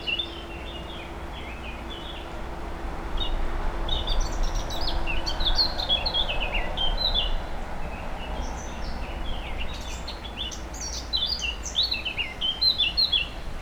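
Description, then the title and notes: Warbler song, rapid varied chirping and twittering phrases running almost continuously, with a low steady hum and background rumble. Near the Sierroz river, allée Marcel Mailly, Aix-les-Bains, France; warblers singing without competition at this time of year; river level very low. "3 Rue des Pélicans, 73100 Aix-les-Bains, France - Fauvettes. Près du Sierroz allée Marcel Mailly , les fauvettes sont sans concurrence à cette époque , le niveau du Sierroz est très bas "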